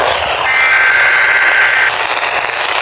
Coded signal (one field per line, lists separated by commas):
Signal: Emergency Alert System (SAME) tones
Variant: header bursts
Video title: Marginal Risk Has Gone Wrong EAS Alerts from 7/10/2026 (EAS #1086-1119)